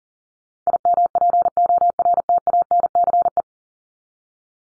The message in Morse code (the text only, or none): IMPORTANCE